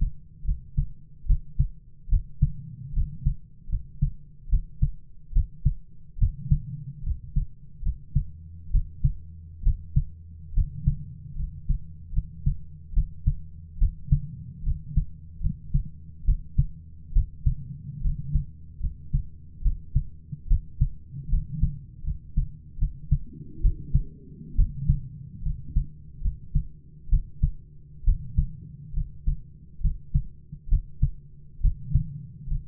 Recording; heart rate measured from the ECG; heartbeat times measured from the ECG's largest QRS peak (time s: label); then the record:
heart sounds by stethoscope; 71 bpm
0.44 s: heartbeat
1.25 s: heartbeat
2.08 s: heartbeat
2.92 s: heartbeat
3.68 s: heartbeat
4.48 s: heartbeat
5.31 s: heartbeat
6.17 s: heartbeat
7.02 s: heartbeat
7.81 s: heartbeat
8.70 s: heartbeat
9.62 s: heartbeat
10.52 s: heartbeat
11.35 s: heartbeat
12.12 s: heartbeat
12.92 s: heartbeat
13.77 s: heartbeat
14.62 s: heartbeat
15.40 s: heartbeat
16.24 s: heartbeat
17.12 s: heartbeat
18.00 s: heartbeat
18.79 s: heartbeat
19.61 s: heartbeat
20.46 s: heartbeat
21.28 s: heartbeat
22.03 s: heartbeat
22.77 s: heartbeat
23.60 s: heartbeat
24.54 s: heartbeat
25.42 s: heartbeat
26.20 s: heartbeat
27.08 s: heartbeat
28.03 s: heartbeat
28.92 s: heartbeat
29.80 s: heartbeat
30.67 s: heartbeat
31.60 s: heartbeat
32.47 s: heartbeat
From the record:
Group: healthy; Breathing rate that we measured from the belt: 17 breaths a minute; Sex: male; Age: 22 years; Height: 185 cm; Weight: 112.4 kg